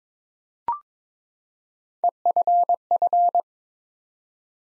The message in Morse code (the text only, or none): EFF